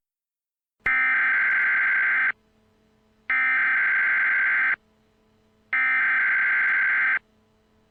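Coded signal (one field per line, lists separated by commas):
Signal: Emergency Alert System (SAME) tones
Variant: header bursts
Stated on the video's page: Fictional EAS scenario, a simulation made for entertainment, not a real alert.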